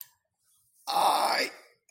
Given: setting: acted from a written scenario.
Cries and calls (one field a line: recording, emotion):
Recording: vocal sound without words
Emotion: pain